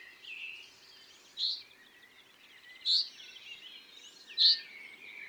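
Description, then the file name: Common chaffinch giving three short, piercing call notes about one and a half seconds apart, with quieter chirps and background noise. "Fringilla coelebs"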